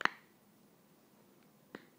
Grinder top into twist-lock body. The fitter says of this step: you'll hear a little click if you can hear that